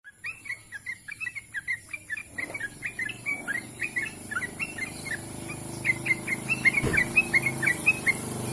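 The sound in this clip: Bird song: a long series of bright, high chirps that grows louder toward the end, over low background hum.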